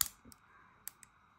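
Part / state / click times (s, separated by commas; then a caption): battery into a 360 action camera / seated / 0.0 s, 0.9 s. A battery is put into the battery slot of an Insta360 X3 360-degree action camera and pressed lightly until it locks. Sharp clicks are heard at 0.0 s and 0.9 s, with fainter ticks between and after them. The battery clicks into place and is seated.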